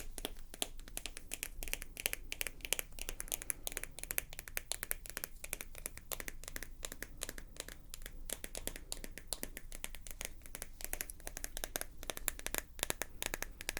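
Dry tapping and scratching run the whole time, a dense and uneven patter of quick clicks and rasps with a bright, crisp edge. There are no long pauses, just small swells of busier fingerwork.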